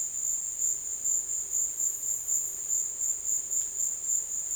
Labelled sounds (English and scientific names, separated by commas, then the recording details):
none
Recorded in dense forest near Puerto Asís, Putumayo, Colombia, on 23 June 2025 at 14:30
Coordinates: 0.484, -76.325
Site H65